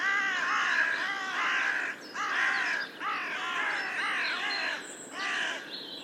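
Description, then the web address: Bird: harsh, nasal caws in a run of several calls over steady background noise. "cianscape. Deverinetal. Bird Only"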